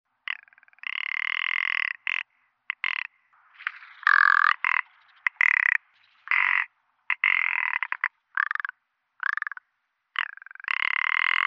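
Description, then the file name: Rock ptarmigan uttering grating, frog-like croaks and rattling phrases almost continuously, broken by short gaps, some notes clicking rapidly. "alpenschneehuhn"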